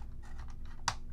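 Two plastic slide tabs on the shell of a Dye R2 paintball hopper are slid forward while the loader is pressed down, one tab being stubborn, with a few faint scraping ticks first. A sharp, loud snap at 0.9 s marks the tab locking into place, and the shell is seated.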